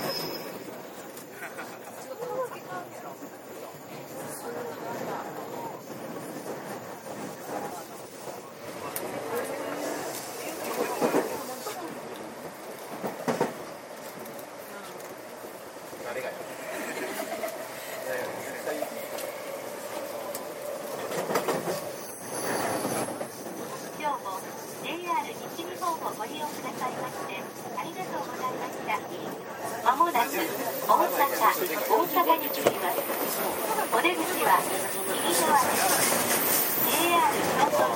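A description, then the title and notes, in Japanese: Aboard a JR 323 series train at Momodani, passengers murmur in conversation over a steady rolling rumble that never drops away. Brief louder bursts stand out near 11, 13 and 22 seconds, and the carriage noise grows denser and brighter after about 30 seconds. JR323系 桃谷→桃谷。朝早くに乗車して録音しましたが、そこそこ乗客がおり、少し声が聞こえます。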